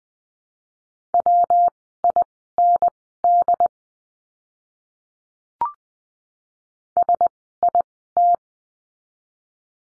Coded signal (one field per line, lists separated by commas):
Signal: Morse code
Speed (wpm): 20 wpm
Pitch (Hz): 700 Hz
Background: none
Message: WIND SIT